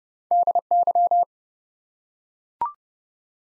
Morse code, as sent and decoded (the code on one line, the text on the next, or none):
-.. -.--
DY